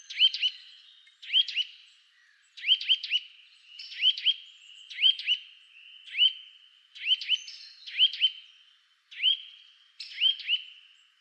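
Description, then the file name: Eurasian nuthatch giving short bursts of two or three clear upslurred notes, each burst about a second apart, steady and bright throughout. "Sitta europaea"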